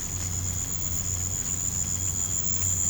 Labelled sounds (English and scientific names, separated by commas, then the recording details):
none
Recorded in pastures near Puerto Asís, Putumayo, Colombia, on 15 December 2024 at 03:00
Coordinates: 0.505, -76.324
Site G063